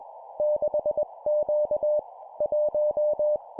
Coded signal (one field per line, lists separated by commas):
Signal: Morse code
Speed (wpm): 20 wpm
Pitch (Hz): 600 Hz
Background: none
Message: 6Q 1